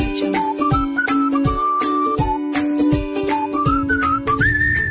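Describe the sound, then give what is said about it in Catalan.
People whistle a tune that glides and steps through a bright melody, riding over a backing track with a steady thumping beat and bass, fairly loud throughout. “Sí, mira, xiulant estem, xiulant estem.”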